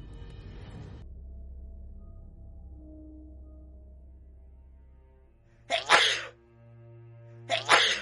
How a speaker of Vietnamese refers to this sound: cậu về nhà liền hắt hơi liên tục rồi bốc sốt.